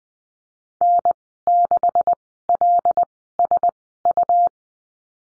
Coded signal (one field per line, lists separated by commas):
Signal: Morse code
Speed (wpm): 20 wpm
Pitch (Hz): 700 Hz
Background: none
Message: N6LSU